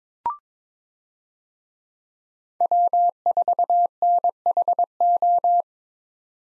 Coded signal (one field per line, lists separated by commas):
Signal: Morse code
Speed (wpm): 22 wpm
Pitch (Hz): 700 Hz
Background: none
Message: W4NHO